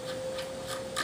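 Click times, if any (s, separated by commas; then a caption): none. The magazine cap is screwed down onto the magazine tube of a Remington Mohawk 48 semi-auto shotgun, while a spring-loaded detent rides over dimples on the back of the cap, showing it is getting tight. Light, evenly spaced ticks sound over a steady faint hum. Nothing has seated yet.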